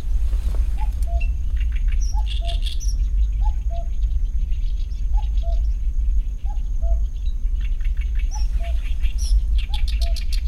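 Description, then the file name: Common cuckoo calling its two-note cu-coo, a higher note dropping to a lower one, repeated steadily, with small birds chirping high above and a steady low rumble. "cuckoo-common Cuculus-canorus"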